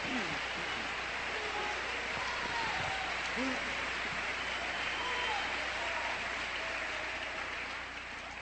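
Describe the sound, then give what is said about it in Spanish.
An audience applauds during a sermon in a dense, steady roar of clapping that holds evenly from start to finish, with faint scattered voices calling out within it. “¡Un aplauso! ¡Más grande!”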